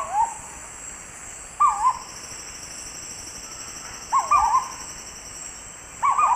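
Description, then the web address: Purple-throated fruitcrow calls: a few mellow, wavering hoots at uneven intervals, with a steady high insect drone throughout. Calls, recorded in the eastern lowlands of South America. "S America Eastern Lowlands. Querula purpurata, calls"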